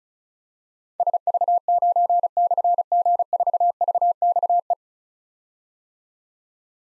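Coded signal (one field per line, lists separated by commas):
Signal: Morse code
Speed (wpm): 36 wpm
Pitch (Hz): 700 Hz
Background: none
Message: SV9/G4VXE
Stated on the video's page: Morse drill of difficult call signs containing slashes at 35 wpm, each sent, spoken, then sent again.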